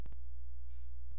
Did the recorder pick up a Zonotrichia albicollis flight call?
no